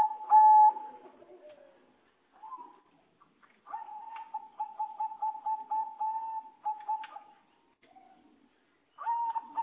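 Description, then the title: Java sparrow giving a loud single note, scattered soft chips, then a long rapid string of clicking, even-pitched notes, closing with another bright note. "kicau gelatik"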